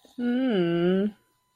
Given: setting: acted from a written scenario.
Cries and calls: vocal sound without words; neutral

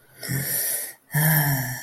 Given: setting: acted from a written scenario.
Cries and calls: vocal sound without words; relief

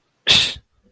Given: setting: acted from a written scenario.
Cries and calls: vocal sound without words; contempt

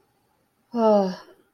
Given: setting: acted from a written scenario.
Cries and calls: vocal sound without words; relief

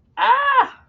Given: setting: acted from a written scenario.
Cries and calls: vocal sound without words; pain

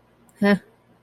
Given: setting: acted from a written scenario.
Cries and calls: vocal sound without words; neutral

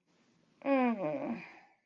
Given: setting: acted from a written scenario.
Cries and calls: vocal sound without words; contentment

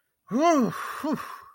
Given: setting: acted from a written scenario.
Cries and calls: vocal sound without words; awe

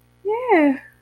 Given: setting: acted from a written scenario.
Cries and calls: vocal sound without words; interest

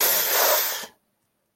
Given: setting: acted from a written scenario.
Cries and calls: vocal sound without words; pain

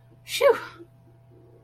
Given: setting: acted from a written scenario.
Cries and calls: vocal sound without words; relief

